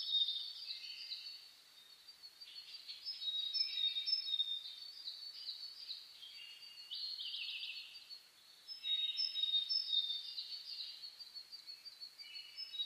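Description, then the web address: Birds in full dawn chorus, many overlapping whistles, trills and chirps continuing without pause, with a brief lull near eight seconds. Dawn chorus (reimei) of birdsong (saezuri) on 10 May 2010. "reimei -saezuri-20100510"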